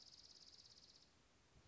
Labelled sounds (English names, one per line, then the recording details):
Dark-eyed Junco
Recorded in Sonoma County, California